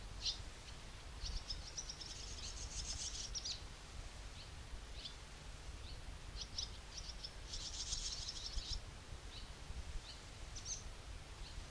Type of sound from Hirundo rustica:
call